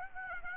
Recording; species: mosquito wingbeat signal from an infrared sensor; Aedes aegypti